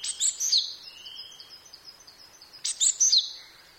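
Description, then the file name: Japanese tit giving a rapid phrase of high, sharp notes, about two seconds of faint chatter, then the same bright phrase again. "shijukara"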